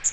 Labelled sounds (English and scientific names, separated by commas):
Magnolia Warbler (Setophaga magnolia) flight call